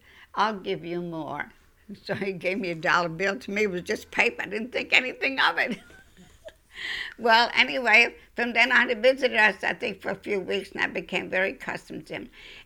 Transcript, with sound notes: He said, "I'll give you more." So he gave me a dollar bill. To me it was just paper. I didn't think anything of it. (she laughs) Well, anyway, from then on he visited us, I think for a few weeks, and I became very accustomed to him.